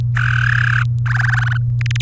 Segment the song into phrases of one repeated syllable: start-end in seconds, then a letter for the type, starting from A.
0.17-0.82 A, 1.06-1.57 B, 1.81-2.02 C